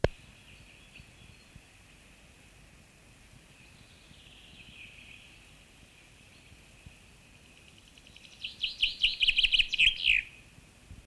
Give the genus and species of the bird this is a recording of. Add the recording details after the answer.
Fringilla coelebs. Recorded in the wild. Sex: male. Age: adult. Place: Goslar, OT Hahnenklee, Oberharz, Niedersachsen, DE. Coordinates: 51.8644, 10.3308. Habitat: forest. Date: 1965-04-12. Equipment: Uher 4000 Report-S, Bändchenmikro Beyer M 260, Parabolspiegel Polyester (470 mm). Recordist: Conrads, Klaus. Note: Hahnenkleer Berg. Männchen: Gesang. Aufnahmezeit: 6.00 bis 8.00 Uhr